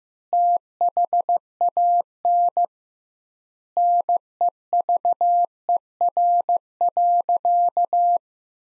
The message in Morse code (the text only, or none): THAN NEVER.